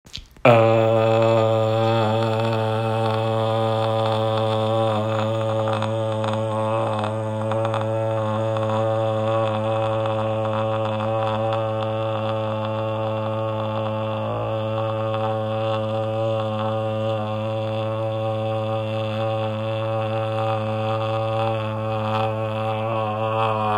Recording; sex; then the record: sustained vowel /a/; male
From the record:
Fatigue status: no fatigue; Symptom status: symptomatic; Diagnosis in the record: COVID-19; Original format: m4a